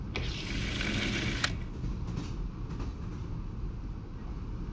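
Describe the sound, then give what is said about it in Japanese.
A steady, low rumble of a train rolling along the rails through vast natural scenery in fine weather, with dense rhythmic clatter and a few brief higher clicks and squeaks. No voices, just continuous mechanical noise. “列車の音に耳を澄ませて、ゆっくりゆっくり力を抜いてください。”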